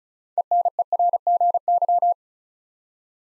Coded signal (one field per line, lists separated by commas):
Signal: Morse code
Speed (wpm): 34 wpm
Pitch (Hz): 700 Hz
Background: none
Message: ENERGY